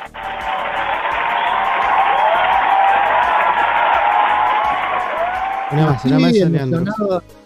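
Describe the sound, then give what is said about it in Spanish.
A steady wash of crowd applause and cheering, played as a sound effect, holds at an even loudness for about six seconds, then cuts off as a man starts talking. “Te voy a tirar un aplauso.”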